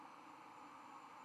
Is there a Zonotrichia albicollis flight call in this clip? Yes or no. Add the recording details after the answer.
no. No flight call is heard. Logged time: 02:44 on 11 November 2014